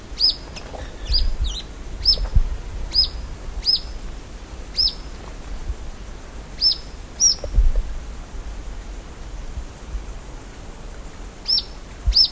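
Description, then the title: Grey elaenia giving short high downslurred notes, singly and in quick pairs, repeated irregularly over low background rumble. Presumed nominate subspecies Myiopagis caniceps caniceps. "LuckyPassaro Completos2Sama. Grey Elaenia (Myiopagis caniceps caniceps (presumably))"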